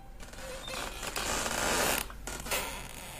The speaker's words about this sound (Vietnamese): Có tiếng kẽo cả kẽo kẹt vang lên. Tôi nhìn ra cánh cửa trước mặt, nó đang tự động khép vào. Mà kỳ lạ thay là không có lấy một ngọn gió.